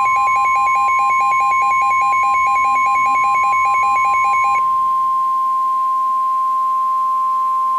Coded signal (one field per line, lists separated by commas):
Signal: Emergency Alert System (SAME) tones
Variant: 1050 Hz attention tone